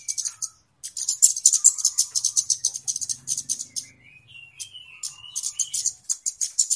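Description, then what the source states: Flowerpecker calls: very high ticking chips in quick bursts, with faint lower whistled notes. Clear flowerpecker calls used as a lure; local Indonesian names kemade and cabe-cabean.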